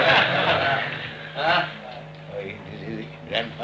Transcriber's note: laughter